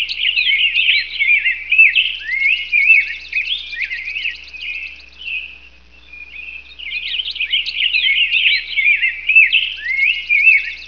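Birds chirping and twittering in a steady, high-pitched stream of quick notes that softens briefly midway, then returns to lively chatter.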